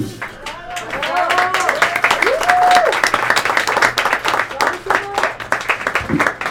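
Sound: audience applause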